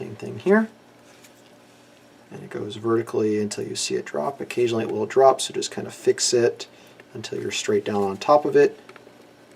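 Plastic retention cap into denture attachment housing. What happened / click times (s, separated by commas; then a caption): The small part is being lined up but has not snapped home / none. Someone talks while a small plastic LODI Locator denture retention cap on a Zest Chairside core tool is held vertically and guided straight down over the metal attachment housing, with faint handling sounds between the words. The cap has not yet snapped or seated into the housing by the end of the clip.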